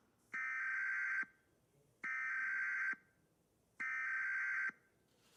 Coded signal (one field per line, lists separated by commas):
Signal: Emergency Alert System (SAME) tones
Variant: header bursts